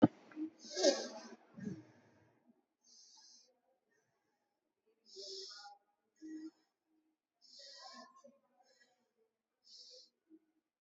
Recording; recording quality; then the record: deep breathing; excellent, no background noise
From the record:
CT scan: not taken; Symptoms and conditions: sore throat, muscle pain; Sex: female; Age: 21 years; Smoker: no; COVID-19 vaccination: both doses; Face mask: not worn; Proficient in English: yes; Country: India